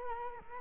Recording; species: mosquito wingbeat signal from an infrared sensor; Culex quinquefasciatus